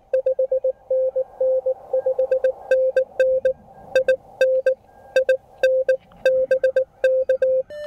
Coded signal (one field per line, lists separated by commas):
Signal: Morse code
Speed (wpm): 19 wpm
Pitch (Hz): 520 Hz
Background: none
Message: 5NN 5NN IN IN BK